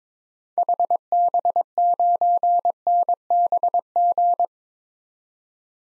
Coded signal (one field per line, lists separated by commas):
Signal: Morse code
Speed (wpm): 22 wpm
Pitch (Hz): 700 Hz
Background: none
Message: HB9NBG